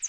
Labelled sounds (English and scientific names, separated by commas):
Northern Parula (Setophaga americana) flight call